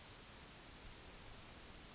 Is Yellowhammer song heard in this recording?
no